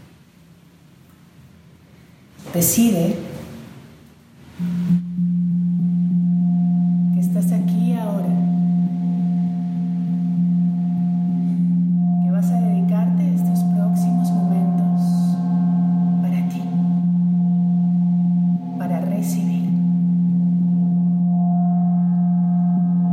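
Tibetan singing bowls in a sound therapy session: after a quiet start and a brief rustle around 3 seconds, a bowl is struck near 5 seconds and rings as a steady low hum to the end. Soft scrapes and touches recur around 7, 12, 16 and 19 seconds.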